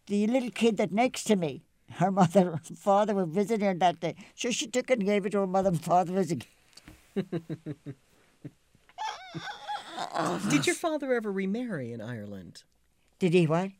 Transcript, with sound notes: The little kid that next to me, her mother and father were visiting her that day, so she took it and gave it to her mother and father as a gift! [Laughs]
Did your father ever remarry in Ireland?
Did he what?